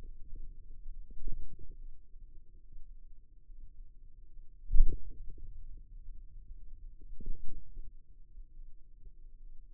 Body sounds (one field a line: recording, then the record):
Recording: forearm muscle sounds (acoustic myography)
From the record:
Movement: hand opening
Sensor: system 2, bracelet of six BSWA MPA416 microphones around the upper forearm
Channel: 2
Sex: male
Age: 22 years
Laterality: right